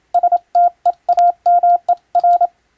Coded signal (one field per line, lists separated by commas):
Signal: Morse code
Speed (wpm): 27 wpm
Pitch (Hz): 700 Hz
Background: none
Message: STEAMER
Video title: 【モールス無線電報】珍！今ではもう聞こえない船と陸を結ぶ貴重な通信方法！船舶にはモールスを打つ無線通信士が乗船していました。当時を思い出して聴いてみませんか？ morse code practice